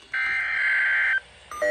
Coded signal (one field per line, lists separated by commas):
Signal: Emergency Alert System (SAME) tones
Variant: header bursts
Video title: EAS #3189-3190 Tornado Watch on KXI58 and KZZ81